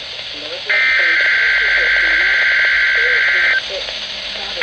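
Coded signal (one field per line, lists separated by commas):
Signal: Emergency Alert System (SAME) tones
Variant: header bursts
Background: speech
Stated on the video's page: Required weekly tests issued by the National Weather Service, recorded on Radioshack 12-382, Radioshack 12-993 and Midland WR-100 weather radios.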